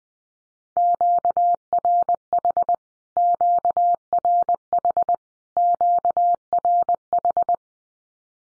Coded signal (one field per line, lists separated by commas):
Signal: Morse code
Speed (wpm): 20 wpm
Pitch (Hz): 700 Hz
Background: none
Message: QRH QRH QRH